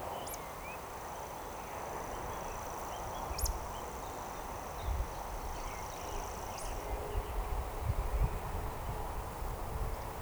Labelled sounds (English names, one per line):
Eurasian Woodcock